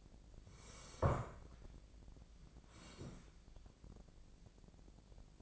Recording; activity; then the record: daily activity, microphone in the room; sit down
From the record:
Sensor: 5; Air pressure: 1012.4 hPa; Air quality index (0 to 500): 146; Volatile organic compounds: 2 ppm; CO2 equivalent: 1007 ppm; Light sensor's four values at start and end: 290/694/297/330 and 288/689/294/327